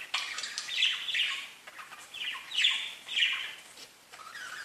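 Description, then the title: Budgerigar warbling chatter, a continuous scratchy run of chirps and squeaky notes, with a brief pause before a last softer phrase. "Budgie Sounds"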